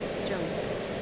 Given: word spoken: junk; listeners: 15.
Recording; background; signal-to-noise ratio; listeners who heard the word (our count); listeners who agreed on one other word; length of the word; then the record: one English word in noise, from a listening test; speech-shaped noise; -6.3 dB; 4 of 15; 10 of 15; 0.62 s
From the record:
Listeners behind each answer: 10, 4, 1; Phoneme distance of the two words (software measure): 20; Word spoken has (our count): 1 syllable, 4 phonemes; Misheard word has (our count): 1 syllable, 4 phonemes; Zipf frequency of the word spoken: 3.97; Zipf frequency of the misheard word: 4.84